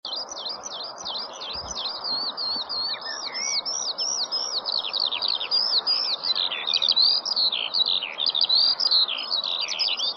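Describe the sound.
Lark pouring out an unbroken stream of high, trilling and chirping phrases, rising and falling quickly, over steady background noise.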